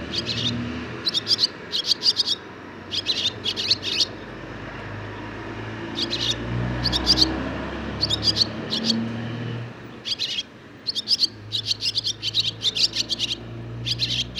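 Barn swallow singing rapid clusters of thin, high twitters over a low rumble in the background.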